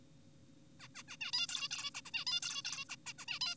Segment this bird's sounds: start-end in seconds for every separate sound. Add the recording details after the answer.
0.80-0.88, 0.95-1.03, 1.08-1.17, 1.21-1.32, 1.33-1.47, 1.49-1.68, 1.71-1.90, 1.95-2.01, 2.06-2.11, 2.14-2.25, 2.27-2.40, 2.43-2.62, 2.65-2.84, 2.90-2.96, 3.06-3.13, 3.18-3.26, 3.28-3.39, 3.41-3.55. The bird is an adult. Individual g4p5U